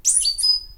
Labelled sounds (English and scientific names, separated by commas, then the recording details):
Stitchbird (Notiomystis cincta) song
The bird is a male
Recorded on Tiritiri Matangi Island, New Zealand, in 2005
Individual 11, of nest box 13